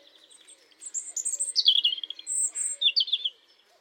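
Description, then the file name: European robin song: high sweet whistles and a falling twittered run, then a thin sustained note and a final bright warbling flourish. "Erithacus rubecula"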